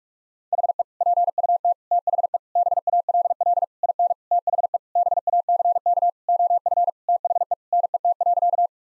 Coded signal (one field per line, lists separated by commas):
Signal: Morse code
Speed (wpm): 46 wpm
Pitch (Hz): 700 Hz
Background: none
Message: HE PUT THE BALL IN THE BACK OF THE NET.